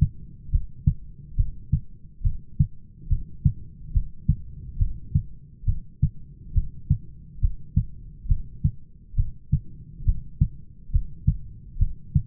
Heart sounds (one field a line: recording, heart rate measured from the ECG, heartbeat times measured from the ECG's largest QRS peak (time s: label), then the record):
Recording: heart sounds by stethoscope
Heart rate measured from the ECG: 69 bpm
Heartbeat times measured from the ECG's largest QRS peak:
0.52 s: heartbeat
1.38 s: heartbeat
2.24 s: heartbeat
3.10 s: heartbeat
3.94 s: heartbeat
4.80 s: heartbeat
5.67 s: heartbeat
6.55 s: heartbeat
7.42 s: heartbeat
8.29 s: heartbeat
9.17 s: heartbeat
10.06 s: heartbeat
10.93 s: heartbeat
11.80 s: heartbeat
From the record:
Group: heart failure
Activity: rest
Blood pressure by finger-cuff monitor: 127/93 mmHg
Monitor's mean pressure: 104 mmHg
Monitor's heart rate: 68 bpm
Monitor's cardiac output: 6 L/min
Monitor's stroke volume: 88 mL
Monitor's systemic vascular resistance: 1300 dyn s/cm5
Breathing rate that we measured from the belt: 18 breaths a minute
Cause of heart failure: idiopathic cardiomyopathy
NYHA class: 1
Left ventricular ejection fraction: 50%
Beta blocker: bisoprolol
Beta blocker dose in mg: 5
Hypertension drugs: candesartan, spironolactone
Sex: male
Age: 54 years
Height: 180 cm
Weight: 94.6 kg